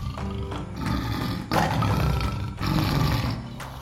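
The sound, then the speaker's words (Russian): A lion roars in long, deep, rumbling bursts, loud and continuous, with fresh surges of power about a second apart and no voices. “По дорогам можно встретить лев.”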